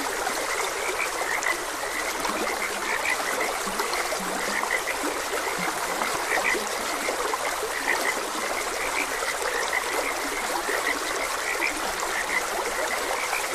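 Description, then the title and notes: Frogs croaking and chirping steadily in overlapping calls, with short low croaks now and then, amid a gently flowing stream. Frogs croaking beside a gentle stream. "Frogs Croaking. Sleep and Relaxation Podcast"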